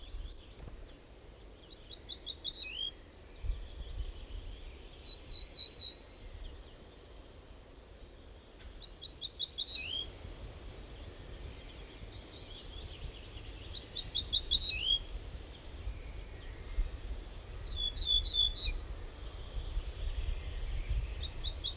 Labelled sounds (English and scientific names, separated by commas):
Ortolan Bunting (Emberiza hortulana) song